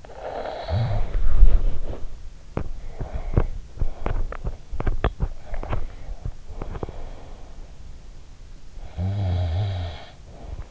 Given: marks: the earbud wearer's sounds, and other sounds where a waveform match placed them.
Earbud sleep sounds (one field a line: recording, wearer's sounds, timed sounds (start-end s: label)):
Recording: sounds in sleep by an in-ear microphone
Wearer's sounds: snoring breath, body movement, teeth grinding, breath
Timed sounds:
0.00-1.22 s: snoring breath
0.87-2.37 s: body movement
2.59-7.42 s: teeth grinding
2.98-4.41 s: breath
5.42-7.76 s: breath
8.83-10.71 s: snoring breath